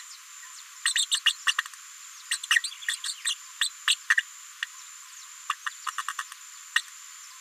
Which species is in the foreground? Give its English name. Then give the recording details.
Green-rumped Parrotlet. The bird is a female. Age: 36 days. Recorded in a nest box in Venezuela. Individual 17B73B4